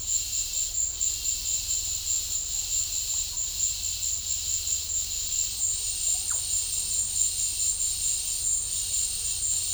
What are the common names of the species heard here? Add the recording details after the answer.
Russet-backed Oropendola. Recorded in pastures near Puerto Asís, Putumayo, Colombia, on 26 December 2024 at 13:00. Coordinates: 0.496, -76.326. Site G004